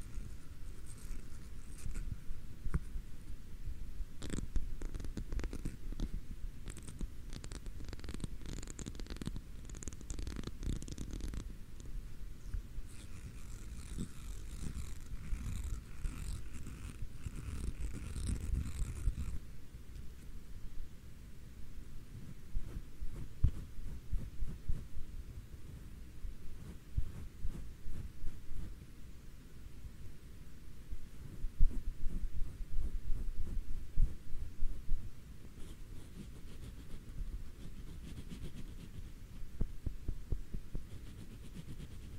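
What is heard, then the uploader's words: Soft brushing strokes with a comb against fabric, dense and repeated, with brighter scratchy passes in the first twenty seconds over a low hum. BRUSHING TEXTURE ASMR NO TALKING, BRUSHING COMB SOUND, ASMR FABRIC BRUSHING.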